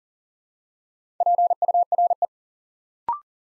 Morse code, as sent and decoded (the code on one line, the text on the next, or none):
.--. ..- .-. .
PURE